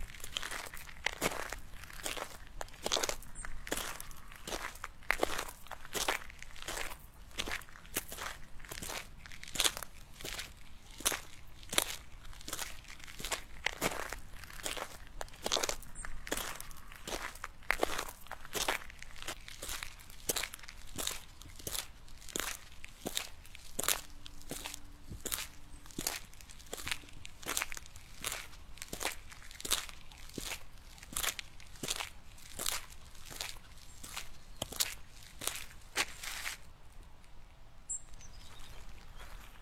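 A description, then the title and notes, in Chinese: High-heeled footsteps walk outdoors at a steady, brisk pace, each sharp click evenly spaced, stopping near the end with faint background hum. 户外徒步｜高跟鞋｜走路音 ｜脚步声。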